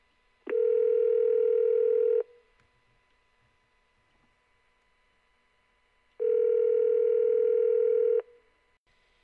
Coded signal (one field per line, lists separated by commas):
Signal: telephone call progress tone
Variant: North America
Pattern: ringback tone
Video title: Phone: Car Phone Dialing / Ringing